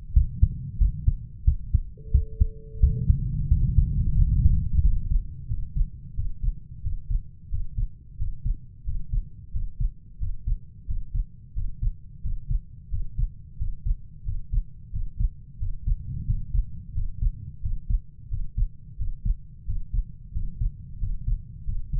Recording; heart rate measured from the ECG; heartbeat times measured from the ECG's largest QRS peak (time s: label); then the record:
heart sounds by stethoscope; 89 bpm
0.15 s: heartbeat
0.80 s: heartbeat
1.46 s: heartbeat
2.13 s: heartbeat
2.82 s: heartbeat
3.50 s: heartbeat
4.17 s: heartbeat
4.84 s: heartbeat
5.50 s: heartbeat
6.17 s: heartbeat
6.84 s: heartbeat
7.52 s: heartbeat
8.20 s: heartbeat
8.87 s: heartbeat
9.54 s: heartbeat
10.21 s: heartbeat
10.89 s: heartbeat
11.56 s: heartbeat
12.24 s: heartbeat
12.92 s: heartbeat
13.60 s: heartbeat
14.26 s: heartbeat
14.93 s: heartbeat
15.60 s: heartbeat
16.27 s: heartbeat
16.95 s: heartbeat
17.63 s: heartbeat
18.31 s: heartbeat
18.99 s: heartbeat
19.68 s: heartbeat
20.35 s: heartbeat
21.01 s: heartbeat
21.67 s: heartbeat
From the record:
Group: healthy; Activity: breath hold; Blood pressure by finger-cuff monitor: 145/93 mmHg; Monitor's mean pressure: 107 mmHg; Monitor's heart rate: 89 bpm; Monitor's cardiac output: 6.8 L/min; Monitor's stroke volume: 76 mL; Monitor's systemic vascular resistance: 1190 dyn s/cm5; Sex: male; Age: 21 years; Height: 175 cm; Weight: 72.6 kg